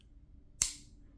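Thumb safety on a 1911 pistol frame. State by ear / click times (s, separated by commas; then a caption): seated / 0.6 s. The thumb safety on a Tisas USA 1911 D10 10mm pistol frame is pushed to the on position and locks with a single sharp metallic click at 0.6 s, ringing briefly in the highs before fading into a quiet background. The safety is confirmed on.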